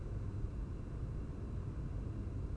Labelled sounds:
none
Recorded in Germany
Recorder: ecoPi

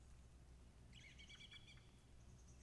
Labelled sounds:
Song Thrush (Turdus philomelos)
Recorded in Germany
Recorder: ecoPi

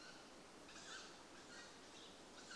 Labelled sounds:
Tawny Owl (Strix aluco)
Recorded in Germany
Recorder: ecoPi

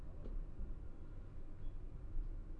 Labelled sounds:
none
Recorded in Germany
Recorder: ecoPi

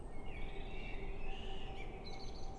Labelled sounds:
Common Blackbird (Turdus merula)
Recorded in Germany
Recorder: ecoPi

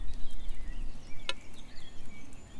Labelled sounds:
Eurasian Blackcap (Sylvia atricapilla)
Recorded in Germany
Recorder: ecoPi

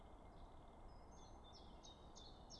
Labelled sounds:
Common Chiffchaff (Phylloscopus collybita)
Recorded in Germany
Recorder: ecoPi

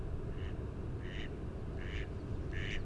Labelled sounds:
Mallard (Anas platyrhynchos)
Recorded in Germany
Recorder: ecoPi

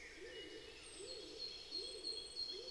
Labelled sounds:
Great Tit (Parus major)
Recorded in Germany
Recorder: ecoPi

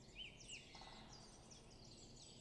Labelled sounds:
Great Spotted Woodpecker (Dendrocopos major)
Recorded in Germany
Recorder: ecoPi

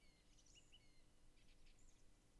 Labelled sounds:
Song Thrush (Turdus philomelos)
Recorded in Germany
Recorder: ecoPi

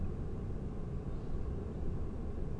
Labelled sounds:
none
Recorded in Germany
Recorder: ecoPi

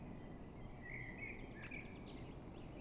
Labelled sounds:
Great Spotted Woodpecker (Dendrocopos major)
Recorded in Germany
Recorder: ecoPi

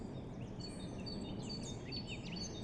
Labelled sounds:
Great Tit (Parus major)
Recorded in Germany
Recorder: ecoPi

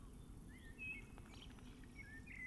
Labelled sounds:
Common Blackbird (Turdus merula)
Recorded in Germany
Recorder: ecoPi

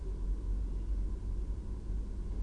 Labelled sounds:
none
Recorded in Germany
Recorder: ecoPi

